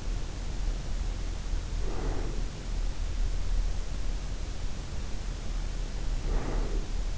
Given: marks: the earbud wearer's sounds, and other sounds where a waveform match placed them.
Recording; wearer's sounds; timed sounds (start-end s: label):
sounds in sleep by an in-ear microphone; breath
1.45-2.66 s: breath
5.66-7.16 s: breath